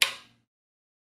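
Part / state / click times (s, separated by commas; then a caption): wiper blade connector cover on wiper arm / seated / 0.0 s. A single sharp snap at 0.0 s as the hinged plastic cover of a side-lock wiper blade connector on a Michelin Hydroedge Hybrid wiper blade is closed over the wiper arm. The bright, crisp hit decays within about a third of a second into silence. The cover snaps shut and the connector is seated.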